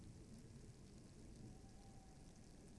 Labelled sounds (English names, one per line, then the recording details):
Tawny Owl
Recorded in Germany
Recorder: ecoPi